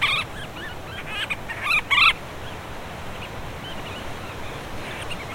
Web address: aves-marinhas painho-monteiro Vocalizacoes